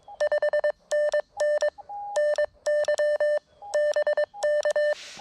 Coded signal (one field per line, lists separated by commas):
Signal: Morse code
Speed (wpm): 22 wpm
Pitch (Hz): 1800 Hz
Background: none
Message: 5NN NY BK